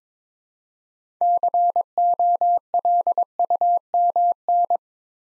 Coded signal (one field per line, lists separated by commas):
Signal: Morse code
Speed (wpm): 22 wpm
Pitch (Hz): 700 Hz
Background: none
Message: COLUMN